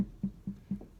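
A hub-centric wheel on an EarthRoamer, fitted with a Centramatic wheel balancer, is rocked on the hub before the nuts are tightened. Light metal knocks are heard at 0.2, 0.5, 0.7 and 0.8 s. The slop means the wheel is not fully seated against the hub.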